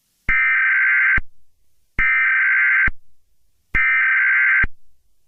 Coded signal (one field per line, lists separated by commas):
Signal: Emergency Alert System (SAME) tones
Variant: header bursts